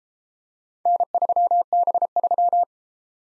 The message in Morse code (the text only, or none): N3B3